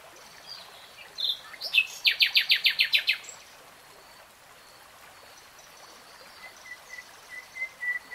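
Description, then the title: Nightingale song: a loud, rapid burst of rattling pulses, then quieter soft whistled notes repeating steadily. Singing; 3-hour real-time recording. "[Tiếng chim hót] 3 Hours REALTIME Nightingale Singing"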